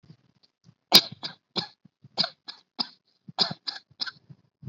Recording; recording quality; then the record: shallow voluntary cough; excellent, no background noise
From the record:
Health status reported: healthy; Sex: female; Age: 49 years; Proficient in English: yes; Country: India